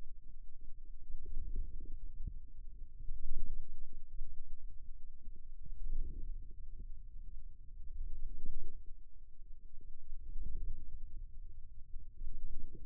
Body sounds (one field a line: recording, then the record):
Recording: forearm muscle sounds (acoustic myography)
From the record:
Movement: wrist extension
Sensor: system 2, bracelet of six BSWA MPA416 microphones around the upper forearm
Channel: 5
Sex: male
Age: 22 years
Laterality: right